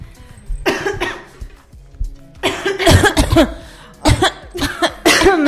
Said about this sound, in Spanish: Ay, qué una tos. Pero ¿por qué tenés tanta tos? Tengo que dejar de fumar, me parece. Tengo que dejar el tabaco.